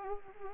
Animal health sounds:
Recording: mosquito wingbeat signal from an infrared sensor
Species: Anopheles arabiensis

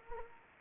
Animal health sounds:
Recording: mosquito wingbeat signal from an infrared sensor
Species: Anopheles gambiae

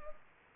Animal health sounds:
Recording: mosquito wingbeat signal from an infrared sensor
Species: Anopheles arabiensis

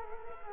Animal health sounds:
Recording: mosquito wingbeat signal from an infrared sensor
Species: Culex quinquefasciatus

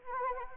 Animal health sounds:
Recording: mosquito wingbeat signal from an infrared sensor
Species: Anopheles arabiensis

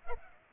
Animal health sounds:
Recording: mosquito wingbeat signal from an infrared sensor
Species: Culex pipiens

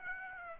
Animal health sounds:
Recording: mosquito wingbeat signal from an infrared sensor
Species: Aedes aegypti

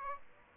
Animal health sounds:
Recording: mosquito wingbeat signal from an infrared sensor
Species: Aedes albopictus

